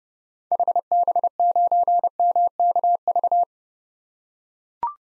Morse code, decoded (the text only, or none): HB9MKV